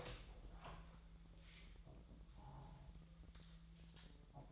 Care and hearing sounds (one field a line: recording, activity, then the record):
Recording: daily activity, microphone in the room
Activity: open door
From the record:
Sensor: 3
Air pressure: 1001.3 hPa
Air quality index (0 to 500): 249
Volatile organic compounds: 154 ppm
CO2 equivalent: 4041 ppm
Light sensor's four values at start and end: 13/30/13/13 and 13/31/13/13